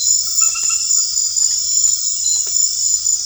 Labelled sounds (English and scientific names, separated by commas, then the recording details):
none
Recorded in secondary vegetation near Puerto Asís, Putumayo, Colombia, on 28 February 2025 at 22:00
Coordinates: 0.484, -76.319
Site G010